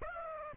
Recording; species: mosquito wingbeat signal from an infrared sensor; Aedes aegypti